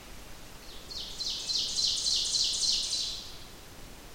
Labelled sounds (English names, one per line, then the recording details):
Ovenbird song
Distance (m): 35 m
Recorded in boreal forest in Alberta, Canada, on 28 June 2016 at 06:06
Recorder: SongMeter 3, array SBT-6-79
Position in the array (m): 271 m, 30 m
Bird 39